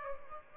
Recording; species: mosquito wingbeat signal from an infrared sensor; Aedes aegypti